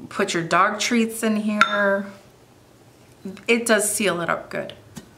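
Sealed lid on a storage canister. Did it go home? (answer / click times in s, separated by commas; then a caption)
released / 5.0 s. A storage canister lid with a plastic seal ring around its edge is pulled off the canister. Someone talks, then after a pause a short pop is heard at 4.97 s as the lid comes off. The pop shows the seal was tight.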